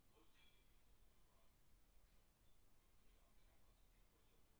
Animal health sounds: poultry house recording; no chicken sound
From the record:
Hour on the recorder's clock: 17

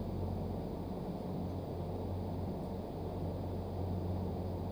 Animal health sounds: poultry house recording; no chicken sound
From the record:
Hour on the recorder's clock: 1

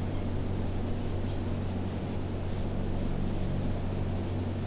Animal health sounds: poultry house recording; no chicken sound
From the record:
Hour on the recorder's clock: 1

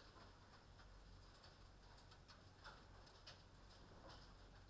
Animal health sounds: poultry house recording; no chicken sound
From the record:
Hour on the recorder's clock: 22

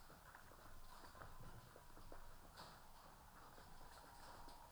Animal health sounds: poultry house recording; healthy chickens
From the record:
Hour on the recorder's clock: 12

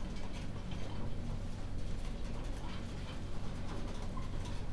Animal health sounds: poultry house recording; healthy chickens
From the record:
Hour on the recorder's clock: 23

